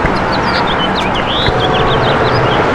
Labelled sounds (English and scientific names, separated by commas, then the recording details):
House Finch (Haemorhous mexicanus) song
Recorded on Long Island, New York, on 13 June 2011
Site MH
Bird B